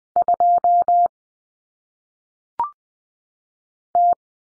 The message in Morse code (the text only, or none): 2 T